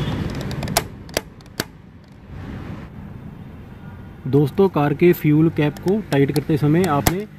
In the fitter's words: दोस्तों कार के fuel cap को टाइट करते समय आपने यह जो क्लिक की साउंड आती है तो यह जरूर सुनी होगी